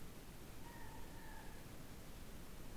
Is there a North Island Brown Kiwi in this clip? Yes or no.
no